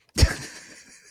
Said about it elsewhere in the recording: Sorry, I keep burping. That's the ginger ale. Woozy in the afternoon as the fever kind of peaks.